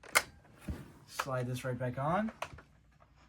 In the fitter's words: So we're just gonna do that like that. Hear it click.